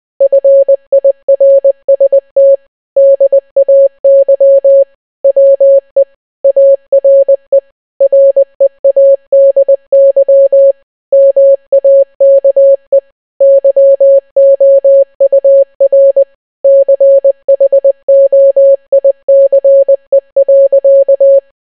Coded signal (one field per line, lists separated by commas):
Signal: Morse code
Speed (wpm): 20 wpm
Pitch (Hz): 550 Hz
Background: none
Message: FIRST DAY WE ARE READY MAKE YOUR CHOICE.